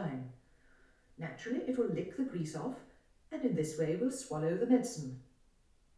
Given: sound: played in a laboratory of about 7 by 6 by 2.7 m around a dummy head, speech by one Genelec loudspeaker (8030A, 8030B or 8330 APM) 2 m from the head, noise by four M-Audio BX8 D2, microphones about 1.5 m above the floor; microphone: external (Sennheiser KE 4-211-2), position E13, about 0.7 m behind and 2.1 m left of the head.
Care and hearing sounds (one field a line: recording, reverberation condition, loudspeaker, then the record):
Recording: female speech in English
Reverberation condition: medium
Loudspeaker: 60 degrees to the right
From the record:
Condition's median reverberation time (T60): about 510 ms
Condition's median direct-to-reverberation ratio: about -0.5 dB